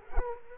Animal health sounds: mosquito wingbeat signal from an infrared sensor; Culex quinquefasciatus

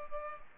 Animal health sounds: mosquito wingbeat signal from an infrared sensor; Culex pipiens

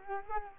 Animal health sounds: mosquito wingbeat signal from an infrared sensor; Culex quinquefasciatus

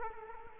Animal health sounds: mosquito wingbeat signal from an infrared sensor; Culex quinquefasciatus

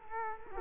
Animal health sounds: mosquito wingbeat signal from an infrared sensor; Culex quinquefasciatus

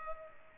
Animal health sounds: mosquito wingbeat signal from an infrared sensor; Culex pipiens

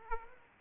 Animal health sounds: mosquito wingbeat signal from an infrared sensor; Aedes aegypti

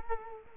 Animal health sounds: mosquito wingbeat signal from an infrared sensor; Culex quinquefasciatus

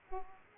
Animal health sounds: mosquito wingbeat signal from an infrared sensor; Aedes aegypti

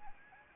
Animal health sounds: mosquito wingbeat signal from an infrared sensor; Anopheles arabiensis

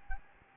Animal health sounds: mosquito wingbeat signal from an infrared sensor; Aedes albopictus

